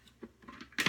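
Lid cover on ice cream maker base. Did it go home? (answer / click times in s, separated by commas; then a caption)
no / none. A plastic lid cover is worked onto an ice cream maker base, being fitted into two grooves, with soft scraping and knocking handling sounds that grow into a sharper, louder clatter near the end. Nothing has seated or clicked yet, and the cover is not locked into place.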